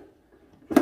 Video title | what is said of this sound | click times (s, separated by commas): How-to Grease & Lubricate A Snowblower Transmission | make sure it locks in place there you are | 0.8 s